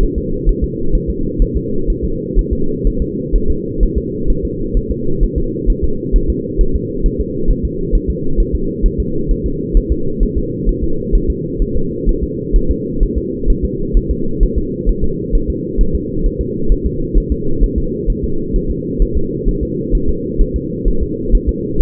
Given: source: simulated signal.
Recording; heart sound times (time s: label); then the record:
fetal heart sounds
0.03 s: S1
0.18 s: S2
0.49 s: S1
0.64 s: S2
0.95 s: S1
1.10 s: S2
1.42 s: S1
1.56 s: S2
1.90 s: S1
2.04 s: S2
2.39 s: S1
2.53 s: S2
2.87 s: S1
3.02 s: S2
3.35 s: S1
3.50 s: S2
3.83 s: S1
3.98 s: S2
4.30 s: S1
4.45 s: S2
4.77 s: S1
4.91 s: S2
5.23 s: S1
5.38 s: S2
5.70 s: S1
5.84 s: S2
6.16 s: S1
6.30 s: S2
6.61 s: S1
6.75 s: S2
7.06 s: S1
7.20 s: S2
7.50 s: S1
7.65 s: S2
7.95 s: S1
8.10 s: S2
8.40 s: S1
8.55 s: S2
8.86 s: S1
9.00 s: S2
9.31 s: S1
9.46 s: S2
9.77 s: S1
9.92 s: S2
10.23 s: S1
10.38 s: S2
10.69 s: S1
10.84 s: S2
11.15 s: S1
11.30 s: S2
11.62 s: S1
11.76 s: S2
12.09 s: S1
12.23 s: S2
12.56 s: S1
12.71 s: S2
13.03 s: S1
13.18 s: S2
13.50 s: S1
13.64 s: S2
13.97 s: S1
14.11 s: S2
14.43 s: S1
14.58 s: S2
14.89 s: S1
15.04 s: S2
15.35 s: S1
15.50 s: S2
15.81 s: S1
15.95 s: S2
16.26 s: S1
16.41 s: S2
16.72 s: S1
16.86 s: S2
17.18 s: S1
17.32 s: S2
17.64 s: S1
17.78 s: S2
18.10 s: S1
18.24 s: S2
18.56 s: S1
18.70 s: S2
19.02 s: S1
19.17 s: S2
19.48 s: S1
19.63 s: S2
19.95 s: S1
20.09 s: S2
20.41 s: S1
20.56 s: S2
20.88 s: S1
21.02 s: S2
21.35 s: S1
21.49 s: S2
21.81 s: S1
From the record:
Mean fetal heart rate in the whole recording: 130 bpm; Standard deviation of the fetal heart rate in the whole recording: 4 bpm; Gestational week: 38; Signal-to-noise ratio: -8.1 dB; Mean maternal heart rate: 72 bpm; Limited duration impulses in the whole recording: absent